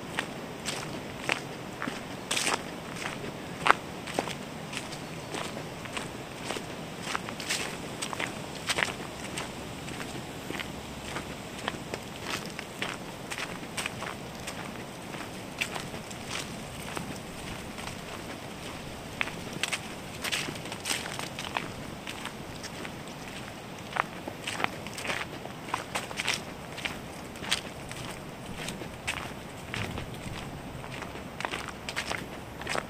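Footsteps on a walk beside a small brook, crunching steadily and irregularly throughout, with sharp crackling snaps scattered among them. Underneath runs a constant, even rushing wash, with a thin high hiss holding steady the whole time.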